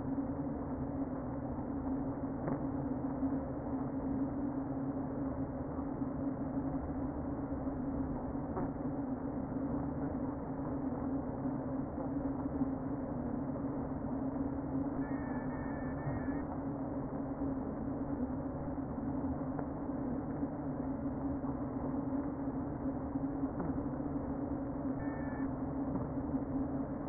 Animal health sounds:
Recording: honeybee colony, microphone inside the hive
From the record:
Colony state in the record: queen present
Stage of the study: before two queens were removed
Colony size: about 60,000 bees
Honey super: yes

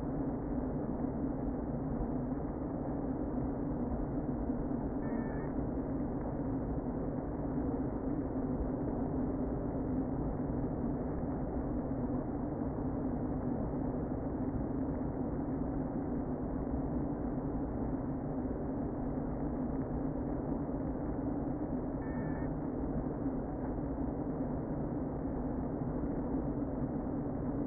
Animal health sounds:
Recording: honeybee colony, microphone inside the hive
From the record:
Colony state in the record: queen present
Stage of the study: before two queens were removed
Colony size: about 60,000 bees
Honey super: yes

